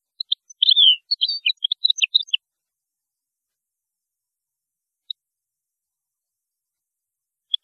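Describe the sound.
European goldfinch song, a quick tinkling twittering phrase of about two seconds, then near silence with a couple of isolated high notes.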